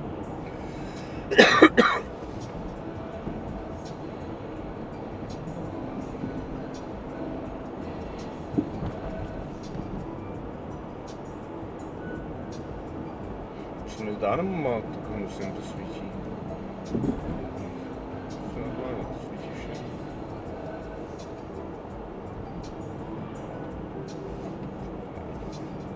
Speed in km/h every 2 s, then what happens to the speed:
51, 51, 51, 51, 51, 51, 51, 50, 49, 48, 48, 48, 49.
0-26 steady at about 51.